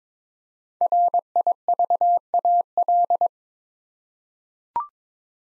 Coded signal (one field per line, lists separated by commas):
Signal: Morse code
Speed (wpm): 22 wpm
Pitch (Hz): 700 Hz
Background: none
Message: RIVAL